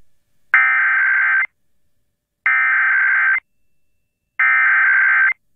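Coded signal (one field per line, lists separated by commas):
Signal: Emergency Alert System (SAME) tones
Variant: header bursts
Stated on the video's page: Real Virginia Required Monthly Test on a 94.5 MHz Top 40 FM station in Richmond, recorded via stream.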